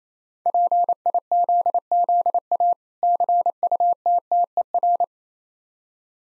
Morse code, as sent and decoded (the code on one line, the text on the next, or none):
.--. .. --.. --.. .- / -.-. ..- - - . .-.
PIZZA CUTTER